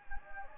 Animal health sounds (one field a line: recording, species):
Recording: mosquito wingbeat signal from an infrared sensor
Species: Anopheles gambiae